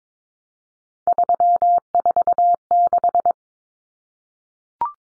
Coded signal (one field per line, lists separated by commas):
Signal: Morse code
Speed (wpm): 22 wpm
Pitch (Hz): 700 Hz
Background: none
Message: 346